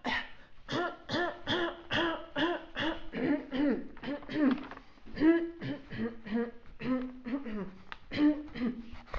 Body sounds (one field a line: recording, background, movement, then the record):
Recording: throat clearing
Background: quiet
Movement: walking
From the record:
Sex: female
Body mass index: 21.8 kg/m2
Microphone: on the chest, facing outward